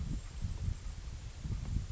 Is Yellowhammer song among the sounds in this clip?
no